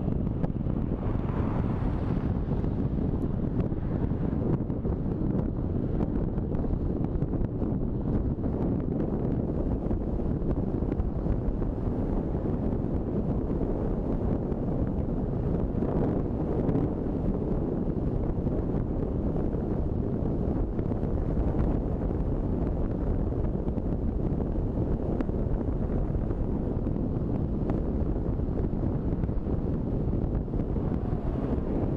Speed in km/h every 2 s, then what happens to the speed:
30, 32, 34, 34, 36, 37, 39, 42, 43, 45, 47, 46, 43, 42, 39, 37.
0-20 speeds up to 47. 20-32 slows to 37.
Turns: none.